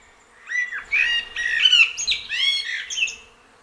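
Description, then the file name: Eurasian blackbird giving a harsh, squawky chatter of rough, harmonic-rich notes in several bursts over about three seconds. "Turdus merula"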